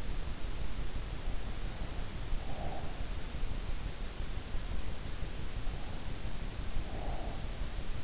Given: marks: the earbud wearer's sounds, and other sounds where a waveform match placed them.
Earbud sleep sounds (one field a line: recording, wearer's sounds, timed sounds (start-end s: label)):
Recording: sounds in sleep by an in-ear microphone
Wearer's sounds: breath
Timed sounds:
2.04-3.25 s: breath
6.40-7.87 s: breath